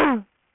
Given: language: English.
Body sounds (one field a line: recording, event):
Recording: throat vibration sensor signal played as sound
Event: throat clearing